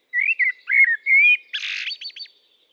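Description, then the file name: Common blackbird singing one phrase of mellow, slurred whistled notes that ends in a burst of harsh, high scratchy twittering. "Turdus merula"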